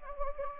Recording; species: mosquito wingbeat signal from an infrared sensor; Anopheles gambiae